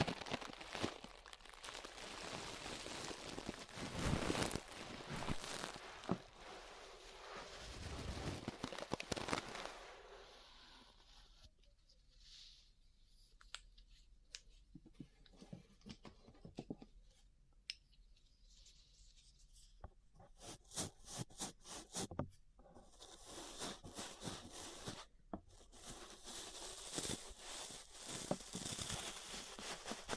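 Ear brushing with dense, scratchy bristle strokes that fill the first ten seconds, then thin out into quieter, sparse taps and rustles. Around 20 to 25 seconds rapid flicking strokes return, and the final seconds build back to full, steady brushing.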